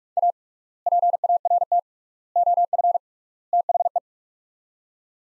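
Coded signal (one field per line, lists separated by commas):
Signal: Morse code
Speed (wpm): 41 wpm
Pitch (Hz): 700 Hz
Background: none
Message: A PART OF THE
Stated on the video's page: Morse practice of four-word sets at 45 wpm with 3x word spacing, similar to Farnsworth, for head-copy.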